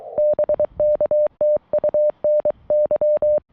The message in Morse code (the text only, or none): BK TU NY